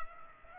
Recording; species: mosquito wingbeat signal from an infrared sensor; Culex pipiens